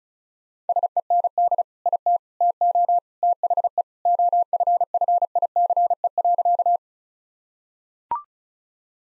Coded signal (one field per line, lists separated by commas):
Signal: Morse code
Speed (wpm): 36 wpm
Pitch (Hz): 700 Hz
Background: none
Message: SEND IT TO THE OFFICE.